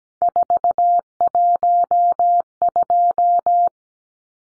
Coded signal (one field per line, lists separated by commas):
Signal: Morse code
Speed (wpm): 17 wpm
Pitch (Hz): 700 Hz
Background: none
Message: 412